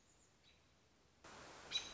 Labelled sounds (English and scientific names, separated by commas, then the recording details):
American Robin (Turdus migratorius)
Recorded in Sonoma County, California